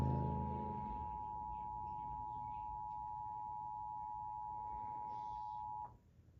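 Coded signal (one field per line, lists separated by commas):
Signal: Emergency Alert System (SAME) tones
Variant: 853 and 960 Hz attention tone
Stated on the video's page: Severe thunderstorm warning for Rock County, Wisconsin, generated by a DASDEC II encoder-decoder on Charter Spectrum cable.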